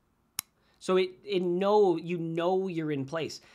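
A metal captive cap on a DynaVap M7 vaporizer gives a second sharp click at 0.4 s as it seats onto the tip, the click confirming it is in place. Someone then talks.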